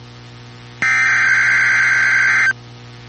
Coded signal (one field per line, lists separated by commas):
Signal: Emergency Alert System (SAME) tones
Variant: header bursts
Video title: Severe Thunderstorm Watch #67 (3/29/25) [EAS #97]